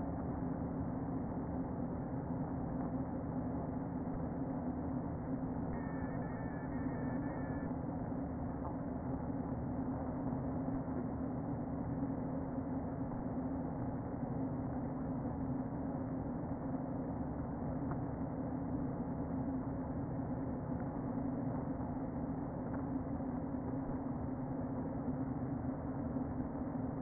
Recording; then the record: honeybee colony, microphone inside the hive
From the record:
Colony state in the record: queen present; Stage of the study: before two queens were removed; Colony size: about 60,000 bees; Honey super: yes